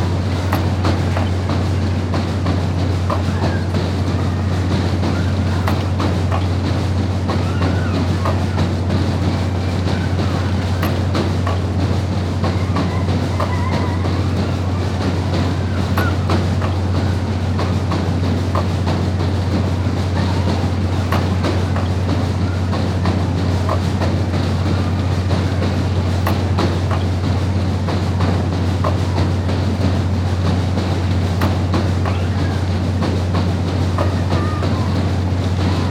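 Steady train ride noise: a constant low rumble and hum, dense rattling, with frequent faint clicks and clatters throughout, no pauses.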